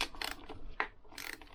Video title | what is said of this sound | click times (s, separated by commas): Lambretta big Block upgrade PT11 | actually heard that one click home | 0.8 s